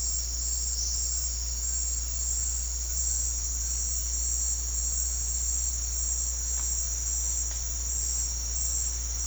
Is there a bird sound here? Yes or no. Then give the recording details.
no. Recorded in secondary vegetation near Puerto Asís, Putumayo, Colombia, on 4 March 2025 at 18:00. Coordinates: 0.484, -76.319. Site G010